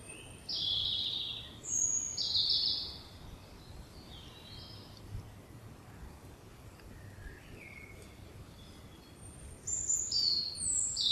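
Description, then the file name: European robin song in short bursts: a sparkling high warbled phrase at the start, a long quiet pause with a few soft lower notes, then another high thin phrase at the end. "Erithacus rubecula"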